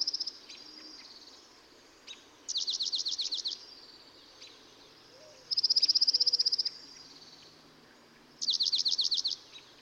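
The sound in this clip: Dark-eyed junco song: a level trill between two trills of fast sweeping notes, each roughly a second long and separated by quiet gaps.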